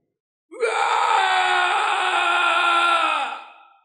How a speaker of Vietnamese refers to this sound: Nào ngờ ngay lúc đó, đột nhiên sau lưng truyền tới tiếng hét lớn kinh tâm động phách, xé nát ruột gan.